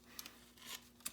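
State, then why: Seated. A wire connector, with its locking tab and square hole facing up, is pushed into the circuit board of a Blaster-X LED tail-light retrofit kit for a Kawasaki Ninja H2 SX/SE. Sharp, short clicks are heard at 0.2 and 1.1 seconds, with a softer click at 0.3 seconds and a brief rubbing sound near 0.6 to 0.75 seconds. The connector snaps into place and is seated in the board.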